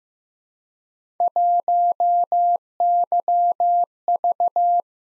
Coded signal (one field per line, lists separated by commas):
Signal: Morse code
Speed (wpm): 15 wpm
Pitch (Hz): 700 Hz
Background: none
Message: 1YV